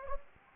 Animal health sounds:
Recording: mosquito wingbeat signal from an infrared sensor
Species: Anopheles gambiae

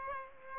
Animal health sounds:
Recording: mosquito wingbeat signal from an infrared sensor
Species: Aedes aegypti

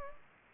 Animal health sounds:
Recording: mosquito wingbeat signal from an infrared sensor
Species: Culex pipiens

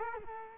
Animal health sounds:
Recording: mosquito wingbeat signal from an infrared sensor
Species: Culex quinquefasciatus

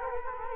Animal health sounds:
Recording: mosquito wingbeat signal from an infrared sensor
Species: Culex quinquefasciatus

